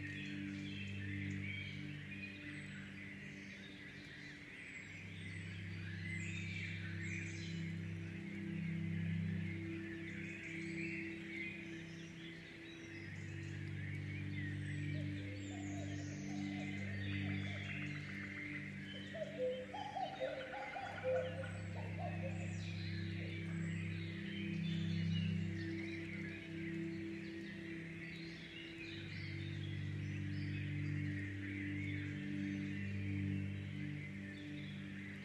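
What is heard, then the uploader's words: Birds chirp and twitter steadily throughout, bright, over a low humming drone that swells and eases in long stretches. Between about 15 and 22 seconds, a few soft, clear chime-like notes ring out in the middle range. Sounds of nature featuring birds, gentle wind, and later chimes.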